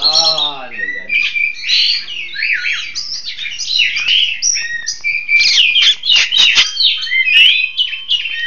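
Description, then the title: Long-tailed shrike singing; opens with a harsh, nasal rasping note, then a rambling, varied warble of whistles, slurs and scratchy chatter. "Kicau Burung Pentet"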